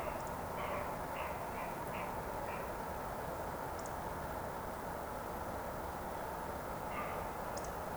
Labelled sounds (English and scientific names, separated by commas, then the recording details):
Eurasian Woodcock (Scolopax rusticola) whistle
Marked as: whistle, whistle, whistle
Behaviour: display flight
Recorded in Baden-Württemberg, Germany, on 25 June 2020 at 19:44 UTC
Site 14569, 102 m above sea level